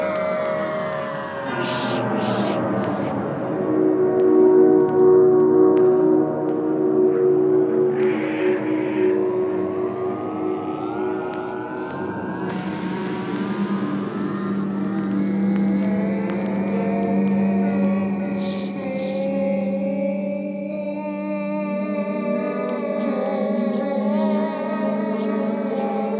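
A space battle scene built from sustained, droning tones that swell and bend in pitch, layered into a thick, continuous wall of sound. Short bright bursts flare up repeatedly, around 2, 8, 13 and 18 seconds, over a steady low rumble.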